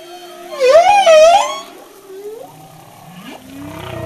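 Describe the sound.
Humpback whale song: a wavering, tremulous moan that rises and dips, then softer upswept notes and low grunts.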